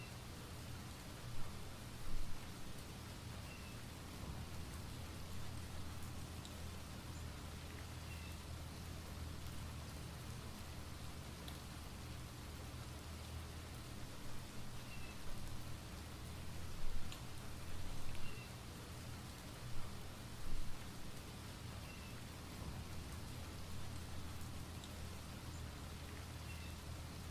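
Soft, steady rain hisses evenly across the whole stretch, with a low rumble sitting underneath throughout. A few faint chirps and brief drips stand out now and then, with small bumps near the start, around seventeen seconds, and around twenty seconds.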